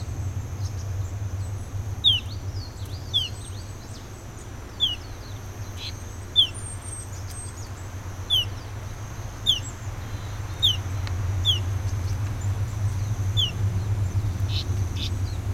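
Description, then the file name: Eastern crowned warbler calls: short, sharp downslurred notes given singly at uneven intervals, with a few fainter high notes and a steady low hum throughout. "warbler-eastern-crowned -Phylloscopus-coronatus"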